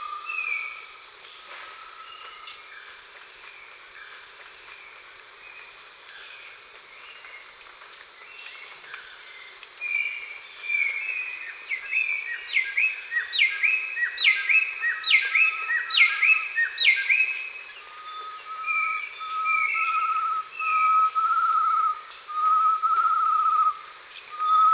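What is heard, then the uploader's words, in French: Dawn in a Costa Rican forest: a steady high insect hiss holds throughout, with clear bird whistles and quick chirping runs coming in from about ten seconds on. Repeated stepped phrases cluster around twelve to eighteen seconds, and brief low whistles recur near the end. L'aube dans la forêt (Costa Rica) by SolWind.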